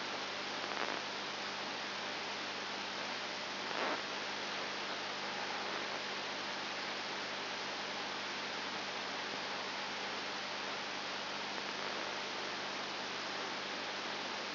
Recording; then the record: brain microelectrode recording played as sound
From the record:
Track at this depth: outside the subthalamic nucleus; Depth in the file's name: 6.7 mm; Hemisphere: left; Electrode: 2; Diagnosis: Parkinson's disease